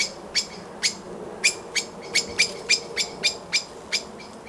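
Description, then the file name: Common blackbird giving spaced, sharp chink notes, irregular at first, then about three per second, over quiet background hiss. "Turdus merula"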